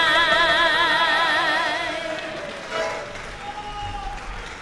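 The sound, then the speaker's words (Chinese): Audience applause, a dense steady patter of many hands, rises under the tail of a sustained, wavering sung note at the end of a traditional Chinese opera performance, then continues on its own at a slightly lower level. “谢谢，感谢观众朋友们热情鼓励的掌声。”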